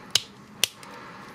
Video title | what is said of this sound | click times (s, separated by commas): Transformers Dreadwind POTP Deluxe Review | clicking sounds now bring his arms downwards | 0.2 s, 0.6 s